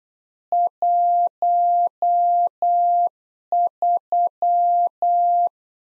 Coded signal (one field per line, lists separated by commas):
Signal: Morse code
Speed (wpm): 8 wpm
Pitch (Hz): 700 Hz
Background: none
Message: 13